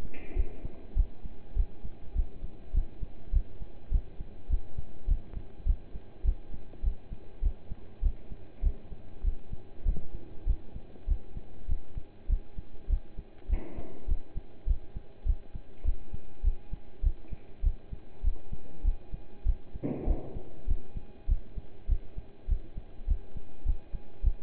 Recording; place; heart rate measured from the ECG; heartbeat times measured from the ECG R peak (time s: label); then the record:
heart sounds by stethoscope; between the tricuspid and mitral areas; 101 bpm
0.35 s: heartbeat
0.96 s: heartbeat
1.55 s: heartbeat
2.15 s: heartbeat
2.73 s: heartbeat
3.32 s: heartbeat
3.91 s: heartbeat
4.49 s: heartbeat
5.07 s: heartbeat
5.66 s: heartbeat
6.24 s: heartbeat
6.83 s: heartbeat
7.42 s: heartbeat
8.02 s: heartbeat
8.62 s: heartbeat
9.23 s: heartbeat
9.85 s: heartbeat
10.46 s: heartbeat
11.07 s: heartbeat
11.68 s: heartbeat
12.29 s: heartbeat
12.89 s: heartbeat
13.48 s: heartbeat
14.07 s: heartbeat
14.66 s: heartbeat
15.25 s: heartbeat
15.84 s: heartbeat
16.43 s: heartbeat
17.03 s: heartbeat
17.63 s: heartbeat
18.23 s: heartbeat
18.84 s: heartbeat
19.45 s: heartbeat
20.06 s: heartbeat
20.67 s: heartbeat
21.28 s: heartbeat
21.88 s: heartbeat
22.48 s: heartbeat
23.07 s: heartbeat
23.65 s: heartbeat
24.23 s: heartbeat
From the record:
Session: pedaling a stationary bicycle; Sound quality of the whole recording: partially saturated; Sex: male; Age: 27 years